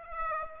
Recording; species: mosquito wingbeat signal from an infrared sensor; Aedes aegypti